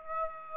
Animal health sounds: mosquito wingbeat signal from an infrared sensor; Aedes aegypti

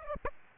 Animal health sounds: mosquito wingbeat signal from an infrared sensor; Aedes aegypti

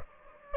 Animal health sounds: mosquito wingbeat signal from an infrared sensor; Anopheles gambiae

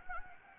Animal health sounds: mosquito wingbeat signal from an infrared sensor; Anopheles gambiae

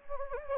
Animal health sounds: mosquito wingbeat signal from an infrared sensor; Anopheles gambiae

